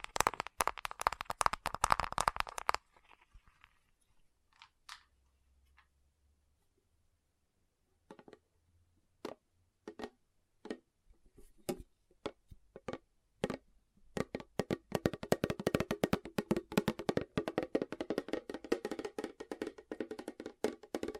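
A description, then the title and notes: Fast fingertip tapping, crisp, opens in a dense burst for about three seconds, then drops to near silence. Sparse single taps return around eight seconds and grow steadily quicker until the final stretch is a rapid, continuous patter. ASMR Fast Tapping for Intense Tingles (No Talking).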